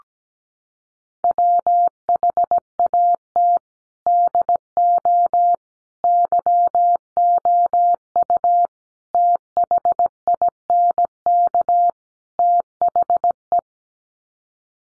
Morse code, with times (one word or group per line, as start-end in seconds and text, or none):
1.2-3.6 WHAT
4.1-5.5 DO
6.0-8.7 YOU
9.1-11.9 THINK
12.4-13.6 THE